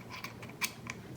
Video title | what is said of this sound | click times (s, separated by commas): Double Up RTA - GoForVape | push it down and it's literally locked into place you don't have to worry about it | 0.9 s